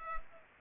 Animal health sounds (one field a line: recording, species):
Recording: mosquito wingbeat signal from an infrared sensor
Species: Culex pipiens